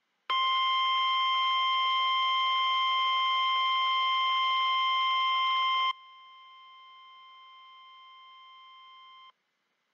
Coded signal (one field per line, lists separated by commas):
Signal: Emergency Alert System (SAME) tones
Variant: 1050 Hz attention tone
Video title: 2x EAS Required Weekly Test NOAA Weather Radio KEC65 Minneapolis, Minnesota